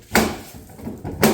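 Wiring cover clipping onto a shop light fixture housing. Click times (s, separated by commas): 0.2 s, 1.2 s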